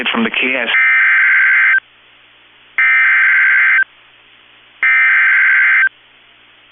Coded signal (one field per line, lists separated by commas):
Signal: Emergency Alert System (SAME) tones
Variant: header bursts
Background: speech